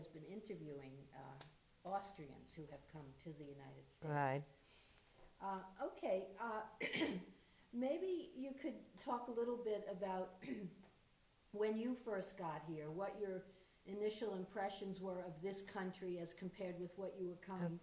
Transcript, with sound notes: — who has been interviewing Austrians who have come to the United States.
Right. [coughs]
Maybe you could talk a little bit about [clears throat] when you first got here, what your initial impressions were of this country, as compared with what you were coming from.